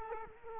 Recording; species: mosquito wingbeat signal from an infrared sensor; Culex quinquefasciatus